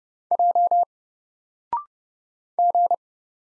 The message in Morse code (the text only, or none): J G